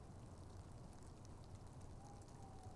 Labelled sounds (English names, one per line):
Tawny Owl